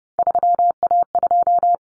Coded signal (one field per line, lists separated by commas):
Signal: Morse code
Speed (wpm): 30 wpm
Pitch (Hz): 700 Hz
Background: none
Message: 3A2